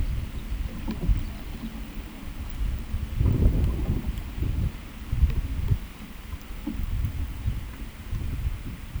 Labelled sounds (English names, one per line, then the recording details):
none
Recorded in pastures near Puerto Asís, Putumayo, Colombia, on 22 December 2024 at 15:30
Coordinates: 0.486, -76.323
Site GP01